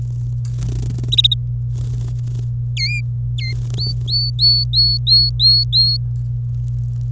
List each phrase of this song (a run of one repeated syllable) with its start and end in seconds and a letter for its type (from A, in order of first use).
1.12-1.34 A, 2.77-3.00 B, 3.38-3.53 B, 3.77-5.97 C